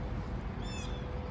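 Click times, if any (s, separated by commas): none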